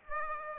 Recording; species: mosquito wingbeat signal from an infrared sensor; Aedes aegypti